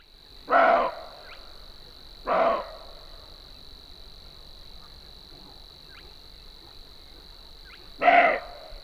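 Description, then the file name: Roe deer giving three rough, abrupt barks, two close together and a third after a long pause, with a constant high-pitched hum behind. "reh"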